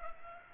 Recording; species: mosquito wingbeat signal from an infrared sensor; Culex pipiens